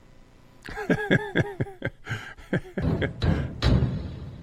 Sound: laughs

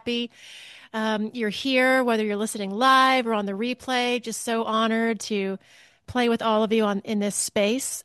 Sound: none

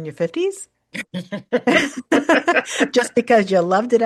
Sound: laughs

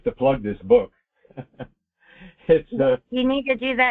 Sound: laughs

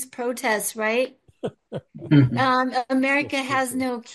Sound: laughs

